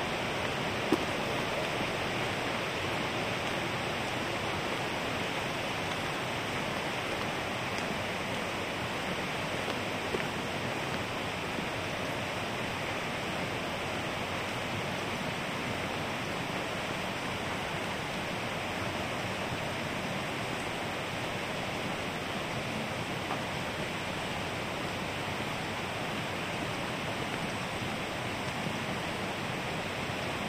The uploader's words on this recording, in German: Ambisonics Binauraler Spaziergang entlang eines kleinen Baches. Entspannende Naturklänge.